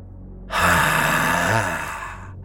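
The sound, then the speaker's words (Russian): Heavy, wild breathing heard from afar: one long, loud, raspy rush of air with a rough, slightly growling undertone. It lasts about two seconds and fades at the end, with no voices. “И вдруг, будто отвечая на мой смех, издалека послышалось такое знакомое дикое дыхание.”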